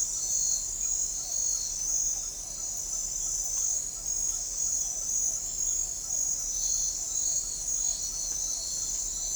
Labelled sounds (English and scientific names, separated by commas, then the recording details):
none
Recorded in forest near Pivijay, Magdalena, Colombia, on 2 June 2023 at 01:00
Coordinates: 10.467, -74.380
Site Z5-G034